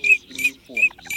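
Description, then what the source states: Eurasian teal calls: brief, bright, whistled notes repeated quickly, mixed with lower, nasal notes. For use with an electronic hunting caller.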